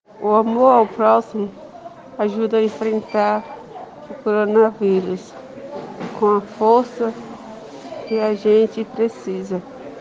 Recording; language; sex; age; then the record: spoken sentence; Brazilian Portuguese; female; 30 to 39 years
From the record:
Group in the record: respiratory insufficiency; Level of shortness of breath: 5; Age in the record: 37 years